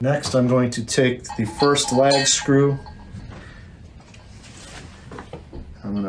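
Someone talks while taking the first lag screw for a wall-mount bike rack and placing it in the pilot hole through the mount bracket, lining it up to be driven into the wall stud. After the talk, only faint, light handling taps and rattles are heard around 4.1 to 5.3 seconds. Nothing has been driven or seated yet.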